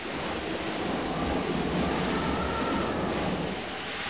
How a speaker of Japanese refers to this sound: ああ、大荒れだわ。 突然発生したわね、台風。 波があんなに荒れてる。